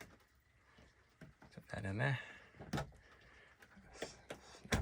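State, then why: Seated. A 3D-printed PLA clip holding an insect screen is pressed onto a boat's hatch or port frame while someone talks. Sharp plastic snaps are heard at 4.3 and 4.7 seconds as the clip seats into the frame.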